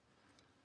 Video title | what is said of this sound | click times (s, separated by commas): Traverseon 3800W Camping Stove Review: Safe, Powerful & Precise Control! | twist it up, lock it. | 0.4 s